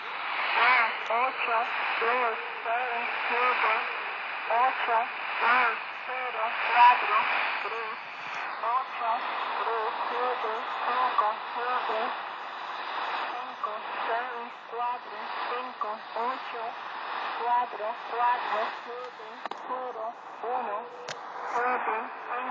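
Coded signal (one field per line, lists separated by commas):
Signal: numbers station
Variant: HM01, Spanish female voice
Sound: short, evenly spaced spoken words from a female voice, buried in steady radio hiss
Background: shortwave radio static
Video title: 10345khz spanish lady V02 Number station HM01 Zahlensender 2014.6.29 Shortwave Kurzwelle DX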